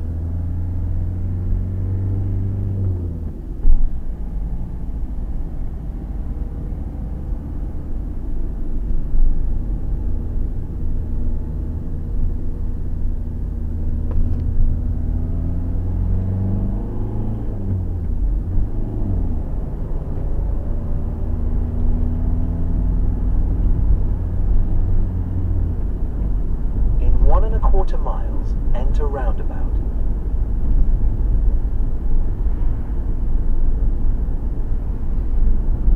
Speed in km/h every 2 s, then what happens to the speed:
21, 23, 27, 31, 34, 35, 35, 37, 47, 50, 58, 64, 68, 68, 68, 68, 68, 68.
0-9 speeds up to 35. 9-14 steady at about 35. 14-24 speeds up to 68. 24-36 steady at about 68.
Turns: 0-12.